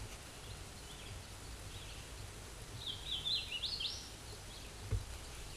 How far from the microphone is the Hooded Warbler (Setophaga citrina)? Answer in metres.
about 30 m